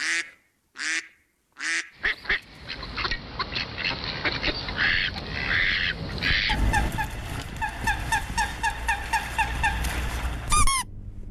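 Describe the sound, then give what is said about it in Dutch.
A few separate quacks, then a dense chorus of overlapping quacks and honking calls from various kinds of ducks, ending with a short, high-pitched squeak of a rubber bath duck. “Die laatste is een badeentje.”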